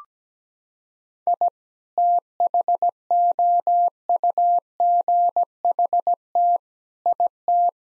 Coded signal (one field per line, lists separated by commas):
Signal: Morse code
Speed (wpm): 17 wpm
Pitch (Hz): 700 Hz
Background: none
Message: I THOUGHT IT